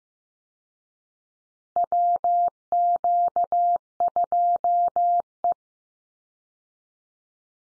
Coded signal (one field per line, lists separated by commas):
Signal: Morse code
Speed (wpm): 15 wpm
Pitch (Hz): 700 Hz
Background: none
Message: WQ2E